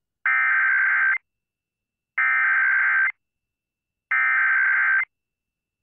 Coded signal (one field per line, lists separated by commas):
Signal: Emergency Alert System (SAME) tones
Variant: header bursts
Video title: (SAFE) TEXAS AMBER Alert on WBAP-AM (EAS #1702)